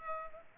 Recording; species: mosquito wingbeat signal from an infrared sensor; Culex pipiens